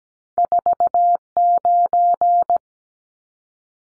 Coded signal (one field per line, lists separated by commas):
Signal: Morse code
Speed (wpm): 17 wpm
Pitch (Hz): 700 Hz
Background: none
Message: 49